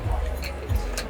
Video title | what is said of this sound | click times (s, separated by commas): NEW Manta Systems Frozen Food Auto Feeder REVEALED – Worth It or Not? | and locks into place. | 1.0 s